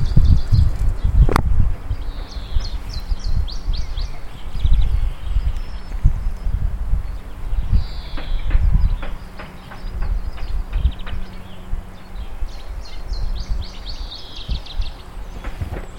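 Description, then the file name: Iberian chiffchaff song: short bursts of quick, high, thin notes in brief series, repeated several times, over steady low rumbling and rustling background noise. "iberischer zilpzalp"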